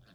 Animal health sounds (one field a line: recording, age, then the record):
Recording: pig call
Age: piglet (1 to 25 days)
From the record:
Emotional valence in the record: positive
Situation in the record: short reunion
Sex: female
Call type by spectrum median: low-frequency call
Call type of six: low-frequency tonal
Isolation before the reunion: 3 minutes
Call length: 0.14 s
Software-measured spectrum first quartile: 177 Hz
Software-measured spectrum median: 742 Hz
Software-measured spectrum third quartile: 2755 Hz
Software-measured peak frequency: 178 Hz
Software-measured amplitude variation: 71 dB a second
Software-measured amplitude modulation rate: 21.2 a second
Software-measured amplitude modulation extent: 3.3 dB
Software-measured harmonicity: 3.0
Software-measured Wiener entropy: -2.25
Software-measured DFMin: 1116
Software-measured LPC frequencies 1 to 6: 1566, 2739, 3543, 4292, 6373, 8401 Hz